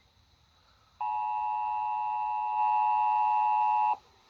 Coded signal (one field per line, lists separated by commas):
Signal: Emergency Alert System (SAME) tones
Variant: 853 and 960 Hz attention tone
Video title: severe Thunderstorm Warning EAS#384